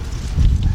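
A plastic ignition coil or spark plug wire connector is handled onto its mating part on the 5.4 engine of a 1999 Ford Expedition during reinstallation. Only low, rumbling handling noise is heard, with no sharp click. Nothing has seated or clicked yet.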